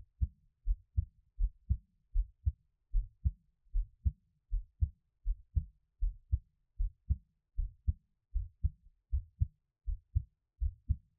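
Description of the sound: Steady, deep two-part thumps repeat in a regular rhythm at roughly 80 beats a minute, with quiet gaps between each lub-dub pair. A Taiwanese ASMR piece offering a person's own adult heartbeat, heard close up, with no talking.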